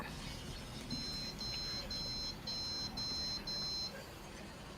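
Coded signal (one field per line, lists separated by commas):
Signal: beep code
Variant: ASRock motherboard POST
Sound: six short high-pitched beeps in a steady row, evenly spaced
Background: room noise, low hum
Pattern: 6 short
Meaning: Six beeps signal a keyboard controller BAT test error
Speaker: and i just did it again with the same memory or this different stick of memory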